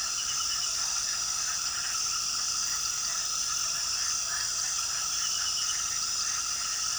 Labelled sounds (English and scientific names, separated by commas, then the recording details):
none
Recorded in pastures near Puerto Asís, Putumayo, Colombia, on 18 February 2024 at 22:00
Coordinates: 0.466, -76.323
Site G6384